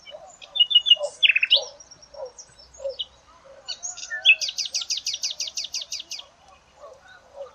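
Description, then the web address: Bird song opening with sweeping chirps, then a long, rapid series of repeated sharp notes, over softer lower warbling. "cianscape birddata Deverinetal 2025 File origin Bird Only"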